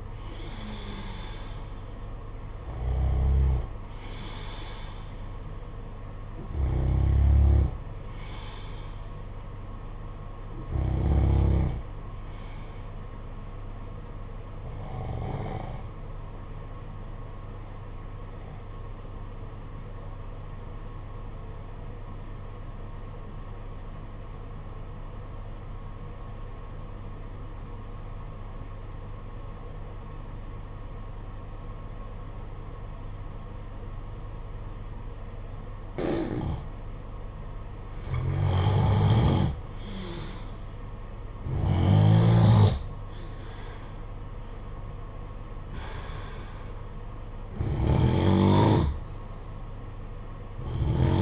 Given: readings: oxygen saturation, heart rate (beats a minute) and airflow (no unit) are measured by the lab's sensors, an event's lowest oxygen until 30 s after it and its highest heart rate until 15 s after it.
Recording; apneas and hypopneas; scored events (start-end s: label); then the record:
breathing in sleep by a smartphone at the bedside; 1
10.00-51.22 s: new sleep stage, N2 (light sleep)
16.00-38.90 s: obstructive apnea (N2, oxygen 95% highest, then 85% lowest, heart rate 50 at the start, 60 highest)
From the record:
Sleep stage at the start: N1 (lightest sleep); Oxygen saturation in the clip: 83 to 95%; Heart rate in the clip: 50 to 60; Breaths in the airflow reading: 8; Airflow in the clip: -6.0 to 8.2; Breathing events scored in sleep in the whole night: 476 in 9.7 hours asleep